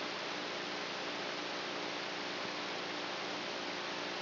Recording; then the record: brain microelectrode recording played as sound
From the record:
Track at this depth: outside the subthalamic nucleus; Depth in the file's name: 0.114 mm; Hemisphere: right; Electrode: 3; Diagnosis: Parkinson's disease